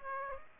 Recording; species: mosquito wingbeat signal from an infrared sensor; Aedes aegypti